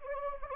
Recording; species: mosquito wingbeat signal from an infrared sensor; Anopheles gambiae